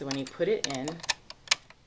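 A metal bobbin case is being handled at a sewing machine's hook housing, its finger lined up with the notch, while someone talks. Short sharp ticks sound at about 1.3, 1.5 and 1.7 seconds. Nothing has seated or clicked into place yet.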